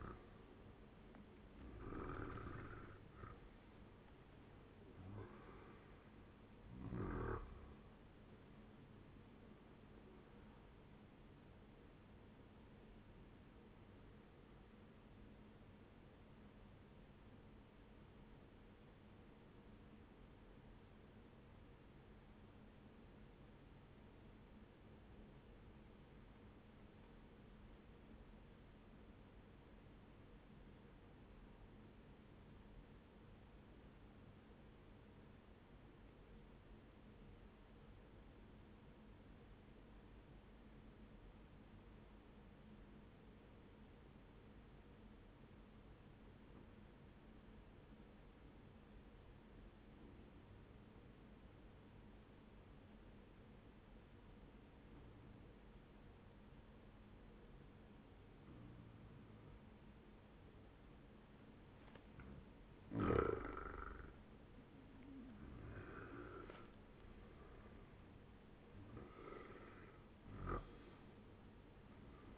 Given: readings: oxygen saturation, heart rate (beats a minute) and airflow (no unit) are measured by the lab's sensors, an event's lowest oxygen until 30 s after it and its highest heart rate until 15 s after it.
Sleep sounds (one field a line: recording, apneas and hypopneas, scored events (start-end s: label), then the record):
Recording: breathing in sleep by a voice recorder at the bedside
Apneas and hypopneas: 1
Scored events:
6.00-72.38 s: new sleep stage, N1 (lightest sleep)
18.00-61.80 s: obstructive apnea (N1, oxygen 97% highest, then 94% lowest, heart rate 63 at the start, 81 highest)
From the record:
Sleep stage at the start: N2 (light sleep)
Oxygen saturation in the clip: 92 to 97%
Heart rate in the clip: 60 to 79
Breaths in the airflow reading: 7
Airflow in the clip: -11.2 to 15.3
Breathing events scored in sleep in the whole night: 131 in 7.2 hours asleep